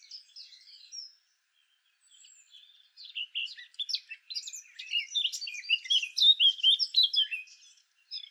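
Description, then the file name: Eurasian blackcap song: a few soft notes, a brief gap, then a long run of fast, varied warbled phrases that grows louder. "Sylvia atricapilla"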